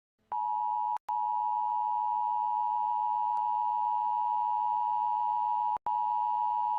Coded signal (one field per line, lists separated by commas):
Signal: Emergency Alert System (SAME) tones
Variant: 853 and 960 Hz attention tone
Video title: EAS: Tornado Warning Interrupts Fallout 4